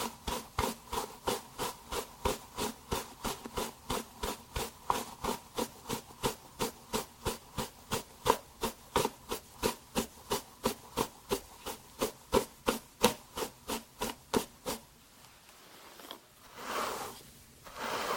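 Hair brushing in a steady, quick rhythm, each stroke a short bright swish, repeating about three times a second for the first fifteen seconds. Afterward the strokes stop, and two slower, softer rubbing swells close the clip.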